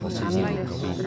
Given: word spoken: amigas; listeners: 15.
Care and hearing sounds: one Spanish word in noise, from a listening test; eight-talker babble; -2.8 dB; 1 of 15; 6 of 15; 0.67 s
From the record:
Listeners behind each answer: 6, 2, 1, 1, 1, 1, 1, 1, 1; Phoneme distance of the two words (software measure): 10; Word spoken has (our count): 3 syllables, 6 phonemes, stress on syllable 2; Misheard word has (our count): 3 syllables, 6 phonemes, stress on syllable 2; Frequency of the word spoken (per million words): 14.25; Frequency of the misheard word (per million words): 133.51

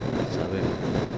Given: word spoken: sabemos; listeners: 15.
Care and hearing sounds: one Spanish word in noise, from a listening test; noise modulated by three-talker babble; -6.6 dB; 4 of 15; 7 of 15; 0.78 s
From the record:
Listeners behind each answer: 7, 4, 1, 1, 1, 1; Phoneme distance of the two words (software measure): 24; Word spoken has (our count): 3 syllables, 7 phonemes, stress on syllable 2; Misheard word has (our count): 2 syllables, 5 phonemes, stress on syllable 2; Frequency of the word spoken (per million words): 60.40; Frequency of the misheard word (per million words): 200.86

